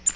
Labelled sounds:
Tennessee Warbler flight call

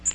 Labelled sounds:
Magnolia Warbler flight call

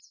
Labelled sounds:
Chestnut-sided Warbler flight call

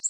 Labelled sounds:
Connecticut Warbler flight call

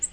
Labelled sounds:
Nashville Warbler flight call

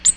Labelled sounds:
Ovenbird flight call

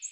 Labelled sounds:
American Redstart flight call

